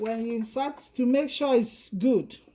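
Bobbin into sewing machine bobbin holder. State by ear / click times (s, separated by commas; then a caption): not seated / none. Someone talks while handling a wound bobbin on the way into the bobbin holder of a Singer Prelude sewing machine, where it should click to show it is inserted properly. Only speech is heard, and nothing has seated or clicked yet.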